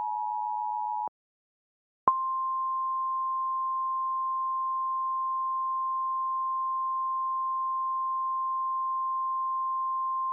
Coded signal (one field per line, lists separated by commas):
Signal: Emergency Alert System (SAME) tones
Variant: 853 and 960 Hz attention tone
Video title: EAS What If: Spaceway-1 Explosion